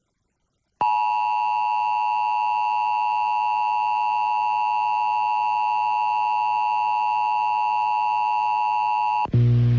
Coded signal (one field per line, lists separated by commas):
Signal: Emergency Alert System (SAME) tones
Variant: 853 and 960 Hz attention tone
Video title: EAS #333-336: 4 EAS National Periodic Tests (National EAS Test)- Aug. 7, 2019- 11:20AM PDT